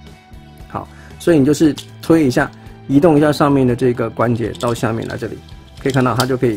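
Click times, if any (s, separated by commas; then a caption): none. Someone talks over background music while transforming a Transformers Studio Series 86 Triple Changer Leader Class Springer figure, pushing its upper joint down to fit the plastic joint peg into the lower socket of the toy's leg. Nothing has seated or clicked yet.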